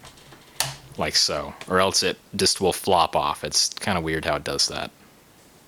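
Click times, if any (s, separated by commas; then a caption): 0.6 s. A side-folding stock on an S&T G36CV airsoft electric rifle is pushed all the way in and folded to the right side, clicking and locking into its folded latch on the receiver at 0.6 s. The stock is now seated and held in the folded position so it won't flop loose, and someone talks throughout.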